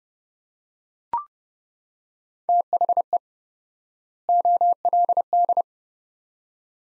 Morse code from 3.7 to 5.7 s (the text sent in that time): OLD